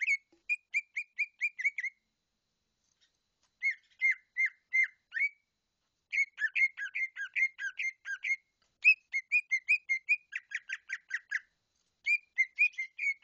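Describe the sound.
Bird singing bright whistled notes in rapid repeated bursts, each burst a string of short sliding phrases, separated by brief pauses; nothing else heard.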